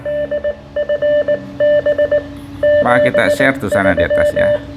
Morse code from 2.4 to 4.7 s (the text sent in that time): 73